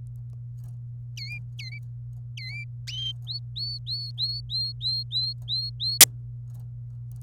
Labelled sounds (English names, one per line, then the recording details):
Domestic Canary song
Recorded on 27 April 2018 at 07:40
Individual llb3